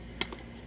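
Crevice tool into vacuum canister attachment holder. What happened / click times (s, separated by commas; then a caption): A plastic attachment snapped into its holder / 0.2 s. A cracked, scratched plastic crevice tool is pushed into its attachment holder on a Kenmore WhisperTone canister vacuum, where it sits loosely and only locks when pushed. A sharp plastic click at 0.2 s shows it seating, followed by a fainter tick at 0.3 s. No one talks.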